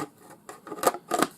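A plastic scent cartridge is slid onto a pin in one of the two ports of a dual-port scent mister, with faint scraping and light taps as it goes on. Two sharp, bright plastic clicks follow at 0.9 s and 1.2 s as the cartridge clicks into place and seats.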